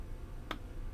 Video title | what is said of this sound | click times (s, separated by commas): Assembling autogrids: Assembling autogrids - room temp demo | press down until we hear a click there was | 0.5 s